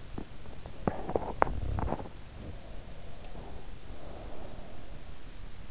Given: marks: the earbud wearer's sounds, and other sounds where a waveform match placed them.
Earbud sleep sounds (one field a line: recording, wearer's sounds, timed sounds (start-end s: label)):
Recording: sounds in sleep by an in-ear microphone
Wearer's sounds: teeth grinding, breath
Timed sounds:
0.00-2.28 s: teeth grinding
2.28-5.37 s: breath